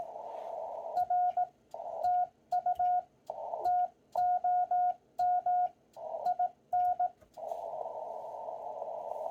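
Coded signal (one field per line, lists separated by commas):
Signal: Morse code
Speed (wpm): 18 wpm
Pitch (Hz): 1440 Hz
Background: radio noise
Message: R TU TOM IN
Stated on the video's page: Slow-speed CW operating event, contest-like, keying typically around 18–20 wpm, meant to help learners build speed.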